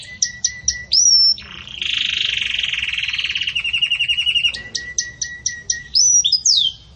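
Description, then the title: Canary song: clipped repeated notes, pure whistles, a long rattling trill, then more staccato notes and sweeping whistles. Pure campainha song style with pauses, for training birds. "Canto Canário Belga Campainha Puro Com Pausa Para Treinamento"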